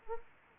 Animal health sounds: mosquito wingbeat signal from an infrared sensor; Anopheles arabiensis

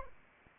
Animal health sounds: mosquito wingbeat signal from an infrared sensor; Anopheles arabiensis

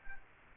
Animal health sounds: mosquito wingbeat signal from an infrared sensor; Culex quinquefasciatus

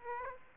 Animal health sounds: mosquito wingbeat signal from an infrared sensor; Aedes aegypti

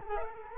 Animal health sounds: mosquito wingbeat signal from an infrared sensor; Culex quinquefasciatus

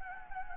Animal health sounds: mosquito wingbeat signal from an infrared sensor; Anopheles gambiae

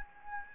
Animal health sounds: mosquito wingbeat signal from an infrared sensor; Anopheles gambiae

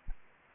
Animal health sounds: mosquito wingbeat signal from an infrared sensor; Anopheles arabiensis

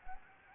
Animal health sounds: mosquito wingbeat signal from an infrared sensor; Anopheles gambiae

